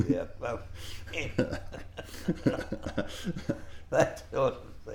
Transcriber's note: laughs